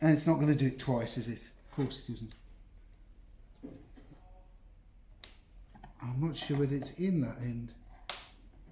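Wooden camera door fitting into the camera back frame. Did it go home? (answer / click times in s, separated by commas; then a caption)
yes / 8.1 s. While refitting the door to the back frame of a restored wooden W. Watson studio camera, the wooden door part is pushed into place as someone talks. A few faint taps occur around 5.2 to 5.8 s, then a sharp little click at 8.1 s marks the door part seating into the frame.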